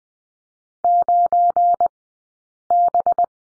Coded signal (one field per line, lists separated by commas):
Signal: Morse code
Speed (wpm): 20 wpm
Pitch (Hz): 700 Hz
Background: none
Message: 9B